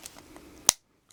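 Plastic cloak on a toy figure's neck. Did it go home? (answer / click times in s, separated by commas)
yes / 0.7 s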